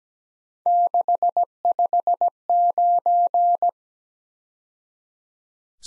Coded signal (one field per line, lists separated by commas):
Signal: Morse code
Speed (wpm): 20 wpm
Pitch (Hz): 700 Hz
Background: none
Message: 659